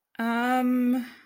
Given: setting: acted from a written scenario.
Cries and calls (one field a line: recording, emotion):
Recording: vocal sound without words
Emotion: embarrassment